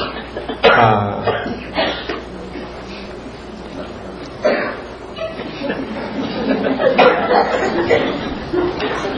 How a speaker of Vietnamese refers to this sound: Sao giờ tới đây nhiều người ho quá vậy? Giống như bị quý vị bị mắc nghẽn gì, thầy nói tới đây cái sạc hết rồi. Trời ơi, giờ đua nhau ho hết rồi.